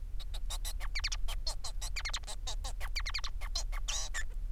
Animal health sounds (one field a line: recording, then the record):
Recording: song of a male Bengalese finch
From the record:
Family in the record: son of father 4